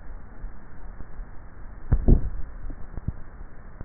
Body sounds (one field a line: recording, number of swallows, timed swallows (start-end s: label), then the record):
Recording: swallowing sounds by neck microphone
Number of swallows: 1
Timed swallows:
1.95-2.95 s: swallow
From the record:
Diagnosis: dysphagia